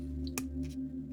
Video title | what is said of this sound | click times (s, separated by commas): AGORA Models 1:200 Scale Build the R.M.S. TITANIC (Shipment 7 Build Video) | you can hear it click into place | 0.4 s